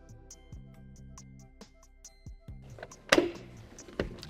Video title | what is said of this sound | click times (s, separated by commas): Les 6 thèmes à maîtriser pour réussir ton permis C1 🚛 - AC Poids Lourds | Elle est bien verrouillée. | 3.1 s